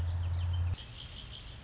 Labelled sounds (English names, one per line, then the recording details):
Red-winged Blackbird
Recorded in Sonoma County, California